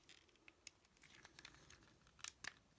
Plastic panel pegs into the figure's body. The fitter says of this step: i feel like it doesn't peg in as good as it should